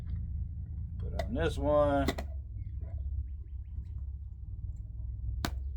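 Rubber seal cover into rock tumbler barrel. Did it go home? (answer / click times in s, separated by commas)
yes / 5.4 s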